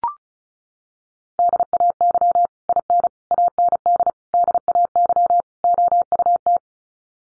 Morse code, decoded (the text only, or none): DAY IN AND DAY OUT